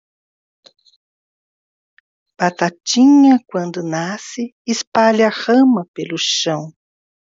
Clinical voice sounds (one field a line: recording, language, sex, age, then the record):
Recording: short text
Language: Brazilian Portuguese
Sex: female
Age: 60 to 69 years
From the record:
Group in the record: control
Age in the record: 63 years